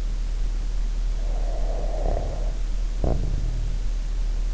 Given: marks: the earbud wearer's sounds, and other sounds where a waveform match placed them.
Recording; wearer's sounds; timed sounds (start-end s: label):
sounds in sleep by an in-ear microphone; snoring breath
1.08-3.85 s: snoring breath